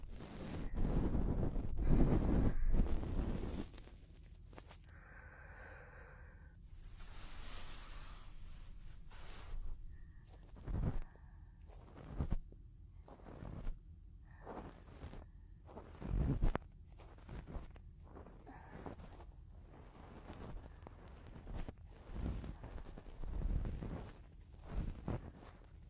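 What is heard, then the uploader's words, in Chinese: Close-up ear cleaning, heard at very close range. Soft scraping and rustling come in short bursts, with sharp clicks and scratches around 11, 12, 16 and 23 seconds. Between them sits a quiet low hum, and a denser rubbing stretch opens the recording. 近距离掏耳（可以听到呼吸声的那种）。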